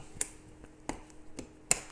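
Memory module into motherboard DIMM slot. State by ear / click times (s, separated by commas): seated / 1.7 s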